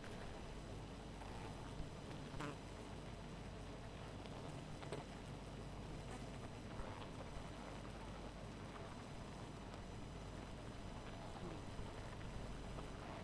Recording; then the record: honeybee colony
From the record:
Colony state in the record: missing queen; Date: 14 July 2017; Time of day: 2:35